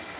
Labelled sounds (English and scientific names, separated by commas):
Black-throated Green Warbler (Setophaga virens) flight call